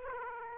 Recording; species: mosquito wingbeat signal from an infrared sensor; Aedes aegypti